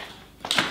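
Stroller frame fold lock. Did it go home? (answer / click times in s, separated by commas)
yes / 0.5 s, 0.6 s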